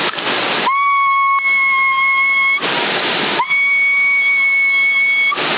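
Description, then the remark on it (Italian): A person in Sassari whistles over a crackly CB radio to raise the signal: two long, steady, high whistled notes, each cutting through bursts of harsh radio static, with a tinny, band-limited sound throughout. “C'ho segnale ancora più alto quando fischio io.”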